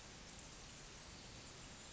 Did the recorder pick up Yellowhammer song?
no